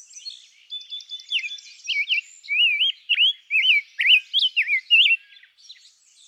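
Rose-breasted grosbeak song, a run of sweet, rising-and-falling warbled whistles in quick succession, with faint higher twitters behind.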